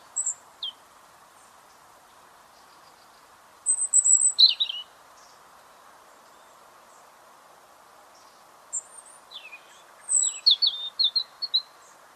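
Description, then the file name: European robin giving scattered high, thin notes and short tinkling phrases separated by long pauses, over a constant low hum. "Erithacus rubecula"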